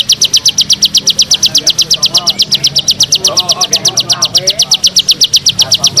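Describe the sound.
Bar-winged prinia delivering a fast, even series of high, sharp notes, many each second, over soft background chirping.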